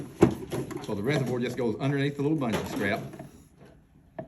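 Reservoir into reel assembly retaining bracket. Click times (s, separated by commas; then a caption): 4.2 s. Someone talks while the reservoir of a level's reel assembly is slid underneath a small retaining bracket. A sharp click at 4.2 s marks the reservoir snapping into place, seated and holding everything snug together.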